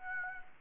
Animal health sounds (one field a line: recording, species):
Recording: mosquito wingbeat signal from an infrared sensor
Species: Aedes aegypti